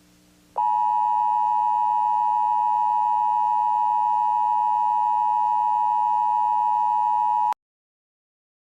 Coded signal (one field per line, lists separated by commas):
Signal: Emergency Alert System (SAME) tones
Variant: 853 and 960 Hz attention tone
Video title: THE BEACON (Full Stream) (Oct 2025)